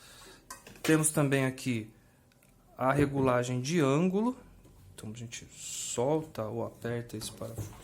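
The blade depth adjustment lever on the base of a Skil 5402 circular saw is pushed closed with a short, sharp hit at 0.5 s, locking the blade height setting. Someone then talks for the rest of the clip, with a couple of faint small knocks around 2.3–2.4 s.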